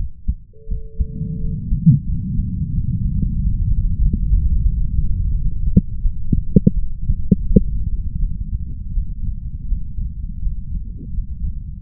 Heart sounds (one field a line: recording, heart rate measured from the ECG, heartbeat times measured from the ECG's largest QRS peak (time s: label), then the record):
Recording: heart sounds by stethoscope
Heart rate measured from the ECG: 86 bpm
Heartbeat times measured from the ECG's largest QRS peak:
0.68 s: heartbeat
1.40 s: heartbeat
2.07 s: heartbeat
2.72 s: heartbeat
3.35 s: heartbeat
3.99 s: heartbeat
4.63 s: heartbeat
5.31 s: heartbeat
6.01 s: heartbeat
6.73 s: heartbeat
7.46 s: heartbeat
8.18 s: heartbeat
8.92 s: heartbeat
9.67 s: heartbeat
10.41 s: heartbeat
11.14 s: heartbeat
From the record:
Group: healthy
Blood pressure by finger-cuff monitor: 125/79 mmHg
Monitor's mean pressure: 97 mmHg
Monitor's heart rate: 84 bpm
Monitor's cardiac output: 7.7 L/min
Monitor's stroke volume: 86 mL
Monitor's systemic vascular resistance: 950 dyn s/cm5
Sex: male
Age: 33 years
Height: 179 cm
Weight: 80.4 kg